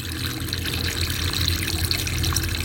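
Water runs steadily from a tap in an unbroken, hissing stream, with a low rumble underneath and no voices, holding an even loudness from start to finish.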